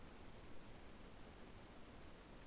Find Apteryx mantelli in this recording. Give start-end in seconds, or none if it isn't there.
none